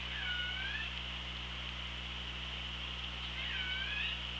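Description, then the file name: Orca calls underwater: two tonal calls, one near the start and one about three seconds later, over steady hiss and low hum. Hydrophone recording, 24 August 2017, 07:42. "Orca Lab"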